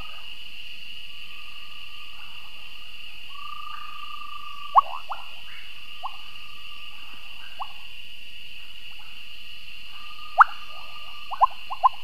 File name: Kassina cochranae